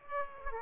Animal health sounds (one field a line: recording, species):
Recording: mosquito wingbeat signal from an infrared sensor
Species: Aedes aegypti